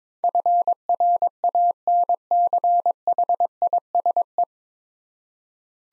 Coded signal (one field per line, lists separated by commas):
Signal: Morse code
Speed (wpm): 22 wpm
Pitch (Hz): 700 Hz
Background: none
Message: FRANCHISE